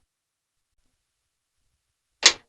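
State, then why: Seated. The door locking mechanism of an armored personnel carrier is rotated back into position and locks into place. After near silence, a single loud, sharp hit at 2.3 s marks the lock seating.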